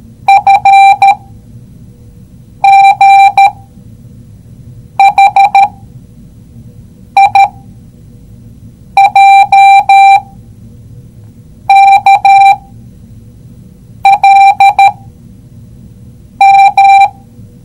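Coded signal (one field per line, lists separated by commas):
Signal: Morse code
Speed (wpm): 13 wpm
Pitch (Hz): 790 Hz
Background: none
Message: F G H I J K L M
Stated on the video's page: Morse code lesson, learning the code by seeing and hearing it.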